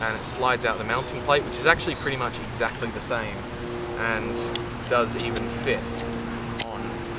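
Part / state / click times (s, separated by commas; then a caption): camera mounting plate into quick-release clip / seated / 6.6 s. A camera mounting plate is fitted into a second brand's quick-release clip, which has a design compatible with the first, while someone talks. A sharp click comes at 6.6 seconds as the plate seats, and the clip holds it locked in place.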